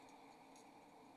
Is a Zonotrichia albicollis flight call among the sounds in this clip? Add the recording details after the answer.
no. No flight call is heard. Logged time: 02:43 on 28 November 2014